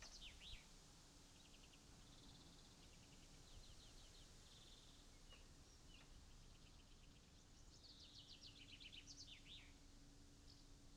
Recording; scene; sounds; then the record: everyday scene through a hearing-aid microphone; wind on the microphone; gentle breeze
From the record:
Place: in front of a rural house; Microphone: in the ear canal, right